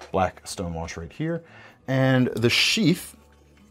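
A fixed-blade knife with a black stone wash finish is handled near its molded Kydex sheath while someone talks. The knife is not pushed home into the sheath, and nothing has seated or clicked yet.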